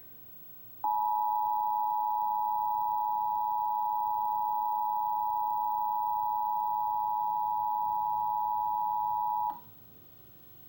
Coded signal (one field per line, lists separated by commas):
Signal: Emergency Alert System (SAME) tones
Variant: 853 and 960 Hz attention tone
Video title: EAS - New Jersey Required Monthly Test (4/16/2024)